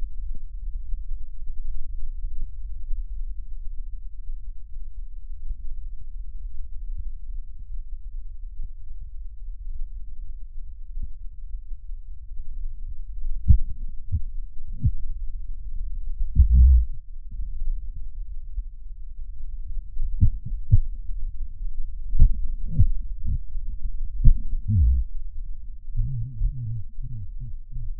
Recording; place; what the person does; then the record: lung sounds by stethoscope; left posterior apical chest; quiet breathing, then cough and speech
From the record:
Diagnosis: pulmonary infection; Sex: male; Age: 69 years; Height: 184 cm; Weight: 115 kg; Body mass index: 34.0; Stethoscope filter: bell mode